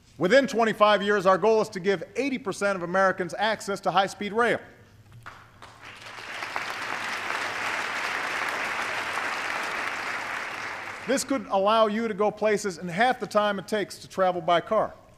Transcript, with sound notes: Within 25 years, our goal is to give 80 percent of Americans access to high-speed rail. (Applause.) This could allow you to go places in half the time it takes to travel by car.